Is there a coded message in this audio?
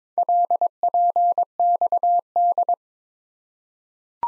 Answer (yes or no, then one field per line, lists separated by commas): yes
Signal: Morse code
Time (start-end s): 0.2-2.7 s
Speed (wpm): 23 wpm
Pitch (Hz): 700 Hz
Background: none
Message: LPXD